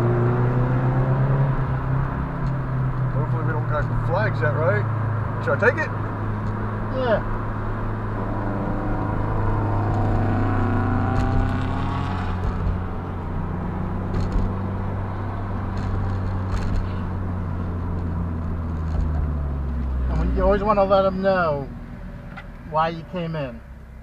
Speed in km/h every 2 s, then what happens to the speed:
76, 66, 56, 58, 55, 50, 50, 52, 52, 35, 21, 3.
1-3 brakes to 56. 7-10 slows to 50. 10-16 steady at about 50. 16-24 brakes to 3.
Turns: 2-6.